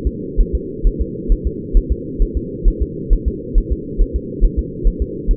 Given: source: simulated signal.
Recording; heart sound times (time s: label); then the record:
fetal heart sounds
0.07 s: S2
0.41 s: S1
0.55 s: S2
0.87 s: S1
1.01 s: S2
1.32 s: S1
1.47 s: S2
1.77 s: S1
1.92 s: S2
2.22 s: S1
2.37 s: S2
2.68 s: S1
2.82 s: S2
3.13 s: S1
3.28 s: S2
3.58 s: S1
3.72 s: S2
4.02 s: S1
4.16 s: S2
4.45 s: S1
4.59 s: S2
4.88 s: S1
5.02 s: S2
5.31 s: S1
From the record:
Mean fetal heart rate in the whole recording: 130 bpm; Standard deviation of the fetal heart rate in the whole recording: 4 bpm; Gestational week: 38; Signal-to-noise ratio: -4.1 dB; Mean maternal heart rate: no maternal heart sound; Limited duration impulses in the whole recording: absent